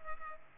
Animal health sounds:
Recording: mosquito wingbeat signal from an infrared sensor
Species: Culex pipiens

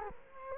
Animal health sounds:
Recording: mosquito wingbeat signal from an infrared sensor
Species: Culex quinquefasciatus

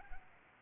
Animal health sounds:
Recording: mosquito wingbeat signal from an infrared sensor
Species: Aedes albopictus

